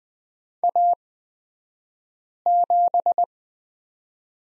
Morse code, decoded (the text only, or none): A7